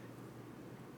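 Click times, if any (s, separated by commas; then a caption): none. A plastic cap is being handled over a heavy frosted-glass perfume bottle, with steady low rumbling noise throughout and no distinct transients. Nothing has seated or clicked yet.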